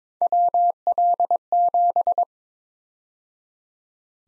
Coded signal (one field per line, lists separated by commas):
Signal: Morse code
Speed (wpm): 22 wpm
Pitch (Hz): 700 Hz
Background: none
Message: WL7